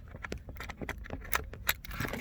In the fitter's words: just like that clicked in